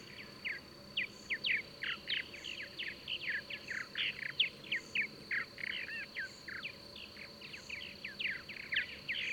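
Bird song as a fast, lively stream of short whistled slurs and chirps, continuous throughout, against a constant high insect drone and low rumbling noise.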